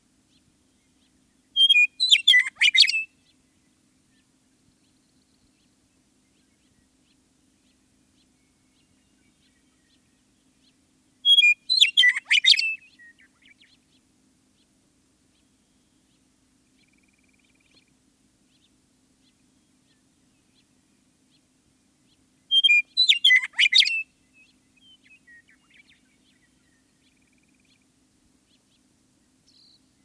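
A western meadowlark sings three times, at about 2, 12 and 23 seconds, each song a quick bright burst of fluting, tumbling notes lasting about a second. Long stretches of near silence separate the songs, with only a faint low hum underneath.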